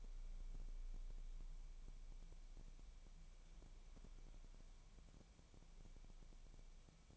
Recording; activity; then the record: daily activity, microphone in the room; wipe stove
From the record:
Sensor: 1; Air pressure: 1000.6 hPa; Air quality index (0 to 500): 184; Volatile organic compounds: 4 ppm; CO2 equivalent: 1696 ppm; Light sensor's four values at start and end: 12/28/12/14 and 12/28/12/14